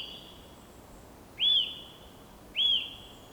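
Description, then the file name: Eurasian nuthatch uttering two loud, arched whistled notes about a second apart, with steady background noise between them. "Sitta europaea"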